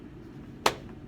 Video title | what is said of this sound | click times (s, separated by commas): ZAGG SlimBook First Impressions | and you hear that click you can pick it up like I told you here it's not going anywhere | 0.7 s